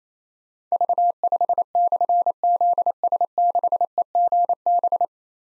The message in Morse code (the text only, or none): V5/ZS6EGB